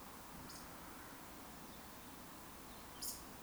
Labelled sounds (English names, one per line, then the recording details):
Eurasian Woodcock whistle
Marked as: whistle, whistle
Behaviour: display flight
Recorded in Baden-Württemberg, Germany, on 18 June 2021 at 19:33 UTC
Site 49334, 1074 m above sea level